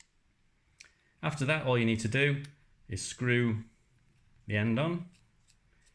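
The crimped pin assembly of a home-made solar battery cable for a Solax T58 5.8kWh battery is pushed into the main connector housing, giving two sharp, short clicks at 0.0 and 0.8 seconds. The internal retaining clips engage, so the pin is seated and cannot come out. Someone then talks from about 1.2 seconds.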